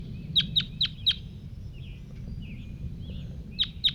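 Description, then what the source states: Crossbill calls, sharp high chips given in a quick burst of four, a pause with faint softer notes, then two more chips, over low rumbling background noise. Individual bird calling, pretty excited; at 9:04.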